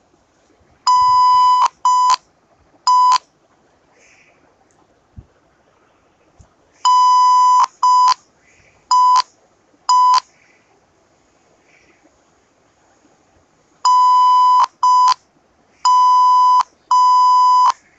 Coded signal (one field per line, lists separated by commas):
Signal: Morse code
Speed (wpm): 5 wpm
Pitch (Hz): 1000 Hz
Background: none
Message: NE NEE NM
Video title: Morse code session